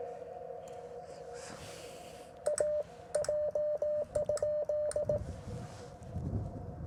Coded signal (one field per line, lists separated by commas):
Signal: Morse code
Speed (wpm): 18 wpm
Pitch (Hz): 600 Hz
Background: none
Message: A J?